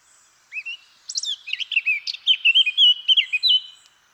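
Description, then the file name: Eurasian blackcap song: a quick, varied warbling phrase of high chirps and slurred notes, lasting about three seconds and growing louder and busier toward its end. "Sylvia atricapilla"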